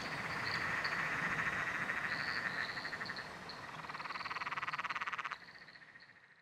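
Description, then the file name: Frog chorus with a fast buzzy trill and higher drawn-out notes, one loud pulsed caller stopping abruptly near the end. Several frogs calling in chorus at night under a bridge, Royal National Park. "nocturnal frog chorus under a bridge royal national park"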